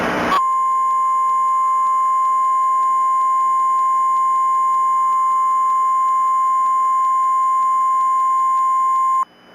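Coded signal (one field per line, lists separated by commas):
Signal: Emergency Alert System (SAME) tones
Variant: 1050 Hz attention tone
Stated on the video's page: Fictional EAS scenario, a remastered simulated alert.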